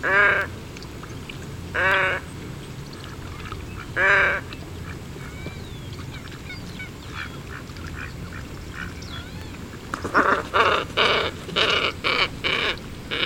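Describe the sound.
Glossy ibis calls: three separate hoarse, croaking notes about two seconds apart, then a quicker run of rough grunts near the end, over low rumbling background noise.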